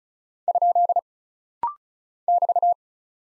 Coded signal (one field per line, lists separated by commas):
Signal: Morse code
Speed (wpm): 36 wpm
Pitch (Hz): 700 Hz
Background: none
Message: ? <BT>